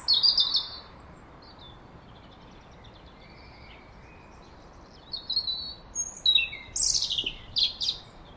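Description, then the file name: European robin opens with a quick high twitter, stays quiet, then sings a thin, descending, tinkling phrase; steady low background hiss throughout. "Erithacus rubecula"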